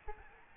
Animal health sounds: mosquito wingbeat signal from an infrared sensor; Aedes albopictus

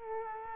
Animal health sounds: mosquito wingbeat signal from an infrared sensor; Culex quinquefasciatus

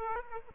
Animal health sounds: mosquito wingbeat signal from an infrared sensor; Aedes aegypti

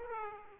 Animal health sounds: mosquito wingbeat signal from an infrared sensor; Aedes aegypti

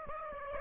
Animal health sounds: mosquito wingbeat signal from an infrared sensor; Aedes aegypti

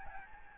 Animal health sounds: mosquito wingbeat signal from an infrared sensor; Aedes albopictus

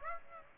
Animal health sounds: mosquito wingbeat signal from an infrared sensor; Aedes aegypti

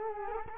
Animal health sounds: mosquito wingbeat signal from an infrared sensor; Culex quinquefasciatus

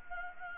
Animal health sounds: mosquito wingbeat signal from an infrared sensor; Anopheles gambiae

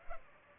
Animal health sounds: mosquito wingbeat signal from an infrared sensor; Culex pipiens

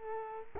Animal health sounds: mosquito wingbeat signal from an infrared sensor; Culex quinquefasciatus

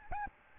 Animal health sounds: mosquito wingbeat signal from an infrared sensor; Aedes albopictus

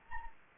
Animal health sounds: mosquito wingbeat signal from an infrared sensor; Anopheles gambiae

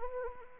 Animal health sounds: mosquito wingbeat signal from an infrared sensor; Anopheles arabiensis

